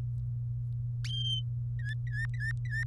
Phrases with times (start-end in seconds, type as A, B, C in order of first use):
1.79-2.84 A